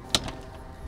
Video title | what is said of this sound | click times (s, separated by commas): POURQUOI JE RECOMMENCE TOUT DE 0 😭 ? Retour aux panneaux solaire plug&play avec 3 Sunology | jusqu'au clic | 0.2 s